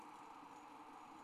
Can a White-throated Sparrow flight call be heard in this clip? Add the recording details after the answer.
no. No flight call is heard. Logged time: 02:48 on 30 November 2014